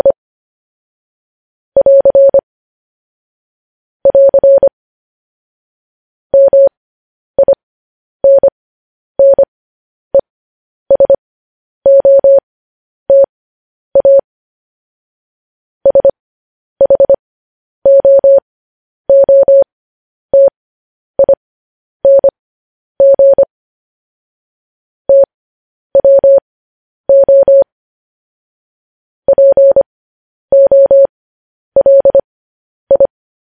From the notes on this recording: Morse code